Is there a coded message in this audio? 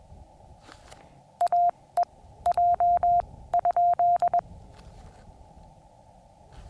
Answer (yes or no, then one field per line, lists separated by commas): yes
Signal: Morse code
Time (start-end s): 1.4-4.4 s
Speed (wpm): 21 wpm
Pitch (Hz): 700 Hz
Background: none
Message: AEJ ?